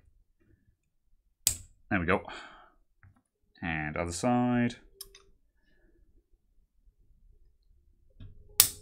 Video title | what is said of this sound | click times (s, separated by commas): #55 No Caradog today, guess I'll build PCs - Two Guys Talk Tech | ah snap there we go | 8.6 s